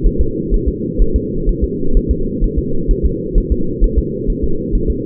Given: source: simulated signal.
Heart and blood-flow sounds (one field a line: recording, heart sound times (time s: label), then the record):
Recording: fetal heart sounds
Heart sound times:
0.06 s: S1
0.21 s: S2
0.54 s: S1
0.68 s: S2
1.02 s: S1
1.16 s: S2
1.49 s: S1
1.64 s: S2
1.97 s: S1
2.11 s: S2
2.44 s: S1
2.59 s: S2
2.91 s: S1
3.06 s: S2
3.38 s: S1
3.52 s: S2
3.84 s: S1
3.98 s: S2
4.30 s: S1
4.44 s: S2
4.75 s: S1
4.90 s: S2
From the record:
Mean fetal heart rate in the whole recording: 130 bpm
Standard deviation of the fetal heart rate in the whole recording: 2 bpm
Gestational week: 38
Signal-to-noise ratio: -8.1 dB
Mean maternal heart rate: 72 bpm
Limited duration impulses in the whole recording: absent